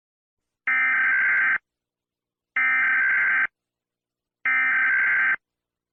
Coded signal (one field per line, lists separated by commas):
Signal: Emergency Alert System (SAME) tones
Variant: header bursts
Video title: The Absolute Apocalypse / Murder Drones EAS scenario en español